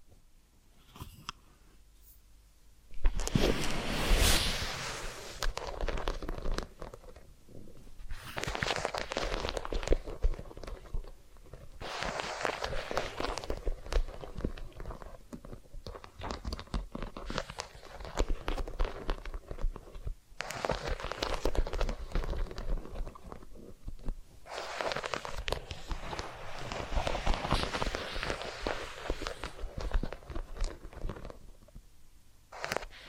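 Massage and ear cleaning sounds: after a few quiet seconds, a sharp loud burst opens into dense, crackly rubbing and scratching. The scratching comes in long bright stretches separated by brief softer pauses, continuing steadily to the end.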